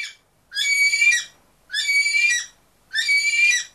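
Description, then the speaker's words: Cockatoo screeching: the tail of one cry, then three harsh, raspy, drawn-out cries at regular intervals. A particular, rather cheerful subspecies of cockatoo; screech sounds like a cry for help; in trees of the rainforests of New Guinea. "So klingt eine bestimmte, ziemlich gut gelaunte Unterart des Kakadus."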